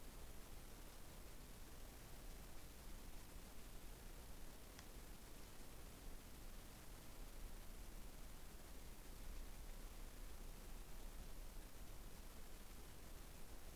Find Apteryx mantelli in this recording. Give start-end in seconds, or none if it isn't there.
none